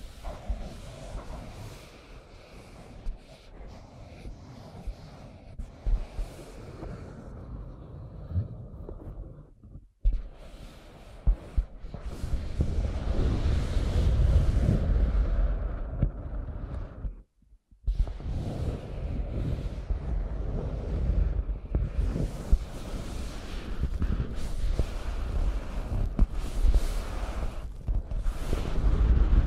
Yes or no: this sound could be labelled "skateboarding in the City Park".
no